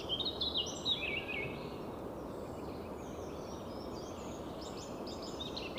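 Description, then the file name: Eurasian blackcap song: a short run of bright warbling notes at the start, then faint, scattered high twitters over steady background hiss. "Sylvia atricapilla"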